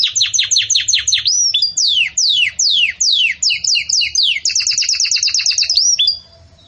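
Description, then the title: Canary song made of quick descending chirps, a few slower swept notes and a fast trill, ending in quiet. Belgian canary song intended for teaching young chicks (encarte de filhotes); song style described as 'campainha' (bell). "Belíssimo Canto Do Canário Belga Campainha Para Encarte De Filhotes"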